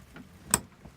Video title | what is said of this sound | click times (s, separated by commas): Polaris ranger spike power sports doors review | basically seals up but otherwise you pull it you'll hear a click one position | 0.5 s